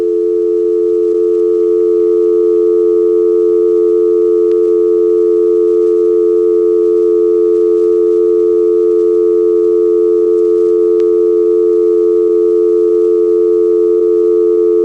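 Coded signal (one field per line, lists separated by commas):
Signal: telephone call progress tone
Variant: North America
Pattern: dial tone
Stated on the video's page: Step-by-step central office switching with directors, March 1977.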